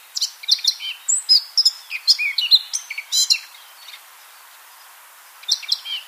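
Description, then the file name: Eurasian blackcap song: a hurried run of varied chattering and whistled notes, a pause, then a short new phrase begins. "Sylvia atricapilla"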